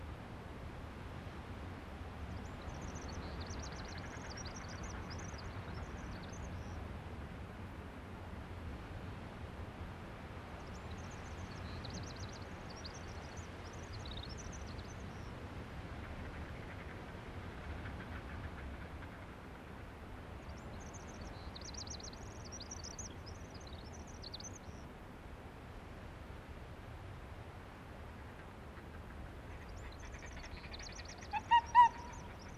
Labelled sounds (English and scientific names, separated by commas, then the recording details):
Arctic Fox (Vulpes lagopus) barking
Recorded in the wild
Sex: pair
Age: adult
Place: Insel Mednyi, Kommandeur-Inseln, RU
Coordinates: 54.5167, 168.083
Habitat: tundra
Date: 1999-08-23
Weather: fair, almost no wind
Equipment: Sony TCD-D8, Sennheiser MKH 70, Windkorb
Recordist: Frommolt, Karl-Heinz
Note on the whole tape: Pereshejek, nördlich vom Kap Dlinnyi: Wa-Laute der Polarfuchsfähe links Gelb/Orange 37. Wechselbellen links Gelb/Orange 37 und Rüde rechts Rot/Rot 40 (Uli). Bellstrophen der Fähe mit Pegelangaben. Ungeschnittene Aufnahme. Entfernung 5 bis 12 m, am Schluß 35 m